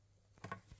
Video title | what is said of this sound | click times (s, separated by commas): babylo Racing Car Walker Assembly | push it inside like that yep and then it clicks | 0.5 s